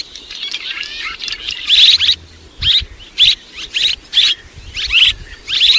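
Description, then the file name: Swallow giving buzzy, slurred chirps, starting softer and jumbled, then in clearer separate bursts. "Tieng en nguc ran en vang"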